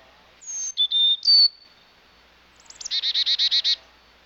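Chickadee whistled notes, a high clear tone then lower steady whistles, followed by a rapid series of buzzy dee notes.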